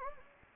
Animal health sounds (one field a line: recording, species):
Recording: mosquito wingbeat signal from an infrared sensor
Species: Anopheles gambiae